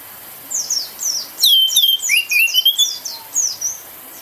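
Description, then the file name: Orange-headed thrush delivering rapid high descending whistles with rising, slurred, ringing notes in the middle, against a steady soft background hiss. Indonesian name anis merah; singing intensely and continuously, described with the bird-keeping song terms teler, gacor and dor. "suara anis merah teler gacor dor"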